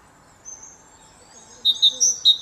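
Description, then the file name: Great tit notes, a brief soft high note, then a few sharp, loud paired notes alternating pitch at the very end. "Parus major"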